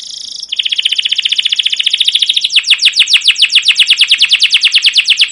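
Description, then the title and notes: Canary song: a brief buzzy note, then a long steady trill of rapidly repeated chirps. Canary song with emotional "cuit cuit" chirps, used as a lure to prompt other canaries to sing and as a master recording for young canaries learning sounds. "CUIT CUIT NGEROL LANGSUNG GACOR PANJANG Kenari Ini AMPUH Utk Pancingan KENAR. PANCINGAN Kenari GACOR PANJANG Cuit CUIT EMOSI ini AMPUH utk MASTERAN Kenari PAUD belajar BUNYI. burung kenari"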